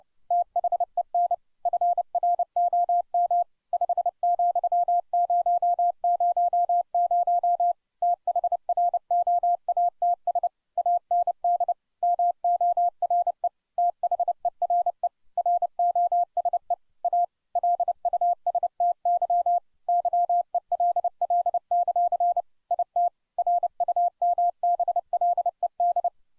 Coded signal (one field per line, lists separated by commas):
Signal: Morse code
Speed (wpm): 29 wpm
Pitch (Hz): 700 Hz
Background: none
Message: THEN FROM 5,000 THROATS AND MORE THERE ROSE A LUSTY YELL; IT RUMBLED